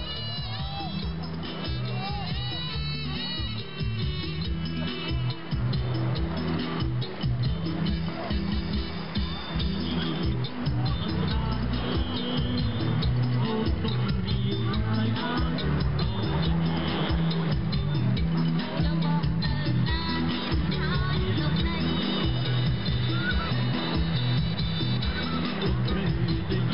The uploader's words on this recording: Cambodia - surf and beach bar music. Music playing (female singing) in seaside bar intertwines with ocean surf in (Krong Prea) Sihanoukville, Cambodia.